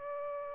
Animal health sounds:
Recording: mosquito wingbeat signal from an infrared sensor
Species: Aedes aegypti

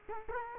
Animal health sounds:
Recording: mosquito wingbeat signal from an infrared sensor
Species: Culex quinquefasciatus

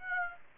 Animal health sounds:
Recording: mosquito wingbeat signal from an infrared sensor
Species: Aedes aegypti

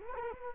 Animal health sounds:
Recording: mosquito wingbeat signal from an infrared sensor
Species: Culex quinquefasciatus

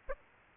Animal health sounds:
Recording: mosquito wingbeat signal from an infrared sensor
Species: Aedes albopictus

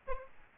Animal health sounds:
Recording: mosquito wingbeat signal from an infrared sensor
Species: Aedes albopictus

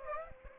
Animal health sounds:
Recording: mosquito wingbeat signal from an infrared sensor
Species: Aedes aegypti

